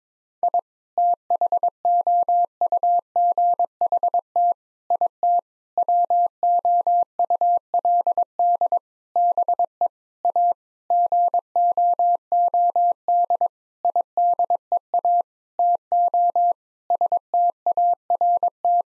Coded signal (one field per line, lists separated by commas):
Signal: Morse code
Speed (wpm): 22 wpm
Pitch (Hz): 700 Hz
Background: none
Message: I THOUGHT IT WOULD BE A GOOD IDEA TO START